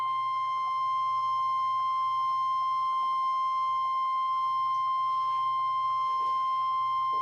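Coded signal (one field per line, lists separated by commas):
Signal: Emergency Alert System (SAME) tones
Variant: 1050 Hz attention tone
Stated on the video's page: NOAA Weather Radio thunderstorm watches and warnings, compilation.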